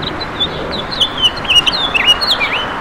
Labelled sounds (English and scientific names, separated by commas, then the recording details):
House Finch (Haemorhous mexicanus) song
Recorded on Long Island, New York, on 18 June 2012
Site BA
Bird C